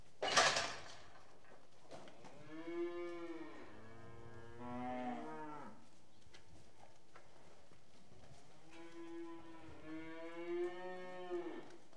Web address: BBC Sound Effects Library BBC Animals and Birds Cattle Restless In Shed